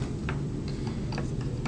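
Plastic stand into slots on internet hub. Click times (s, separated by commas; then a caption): 0.3 s. A plastic stand is slid into two slots on a Rogers Rocket Hub internet hub and pushed until it clicks into place, seated at 0.3 s. A sharp click sounds at 0.3 s, followed by softer ticks at 0.7 s, 1.4 s and 1.7 s over a steady low hum.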